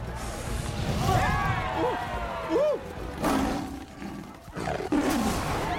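A lion in the animated film Madagascar: Escape 2 Africa (Chinese dub) roars and growls in a series of loud, rumbling bursts, with rising and falling snarls between heavier blasts, and some vocal sounds mixed in.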